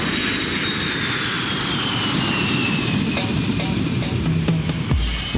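A steady, loud roar of aircraft engines as a plane from Kingston, Jamaica lands in Toronto in 1976, a high whine gliding slowly downward in pitch, ending in a brief thump and shift in the engine noise near the end.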